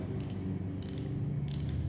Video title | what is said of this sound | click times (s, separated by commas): Tugas UAS Teknik Pengukuran Otomotif. Zainul Arifin PVTM 2D | putar ajatnya Sampai bunyi klik tiga kali Nah | 0.3 s, 0.9 s, 1.0 s, 1.5 s, 1.7 s